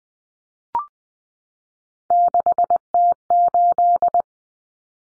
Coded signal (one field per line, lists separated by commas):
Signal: Morse code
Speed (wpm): 20 wpm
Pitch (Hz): 700 Hz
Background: none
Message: 6T8